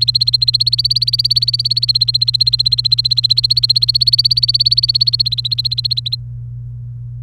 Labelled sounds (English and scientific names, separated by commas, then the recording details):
Domestic Canary (Serinus canaria) song
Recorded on 29 April 2018 at 10:18
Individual llb3